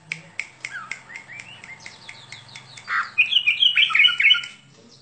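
Bird song beginning with sharp repeated clicking notes, then breaking into a loud, fast chattering warble.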